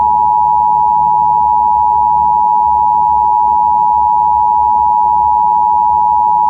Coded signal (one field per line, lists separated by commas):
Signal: Emergency Alert System (SAME) tones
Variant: 853 and 960 Hz attention tone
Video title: 4 Scariest Emergency Broadcasts & EAS Alerts (Vol. 2)